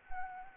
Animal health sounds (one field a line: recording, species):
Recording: mosquito wingbeat signal from an infrared sensor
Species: Anopheles gambiae